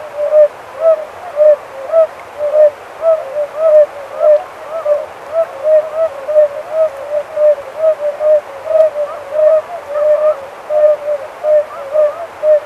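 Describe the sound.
Oriental fire-bellied toad calling: short, mellow hoop notes in an uneven pulsing series.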